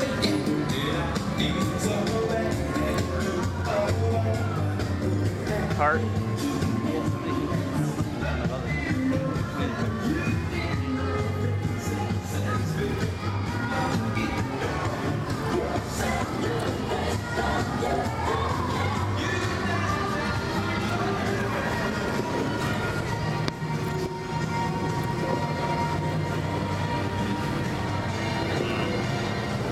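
A walk through the Universal Studios Florida theme park, filled with a steady, dense wash of crowd chatter and overlapping voices. The loudness stays even throughout, with low rumbling underneath and scattered brighter tones and calls rising and fading across the thirty seconds.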